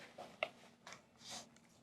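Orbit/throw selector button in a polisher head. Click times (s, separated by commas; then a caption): 0.4 s. Someone presses the mode button on a Lake Country UDOS 31E dual-action/rotary polisher and turns the head to switch from the 15 mm to the 8 mm orbit. The orbit/throw selector button pops back up and snaps into position with a sharp click at 0.4 s, followed by softer handling noises. The selector locks in place.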